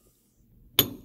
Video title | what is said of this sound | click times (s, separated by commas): BF 1090 - Average Joe Disk Fix & Locking Pin Kit Installation | there you go. It clicks down into place on your dial. | 0.8 s